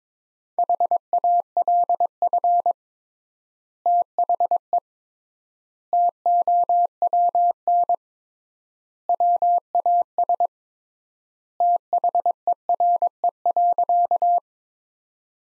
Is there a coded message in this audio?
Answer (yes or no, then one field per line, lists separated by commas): yes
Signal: Morse code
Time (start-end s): 0.6-14.4 s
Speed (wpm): 22 wpm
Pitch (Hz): 700 Hz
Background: none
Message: HALF THE TOWN WAS THERE.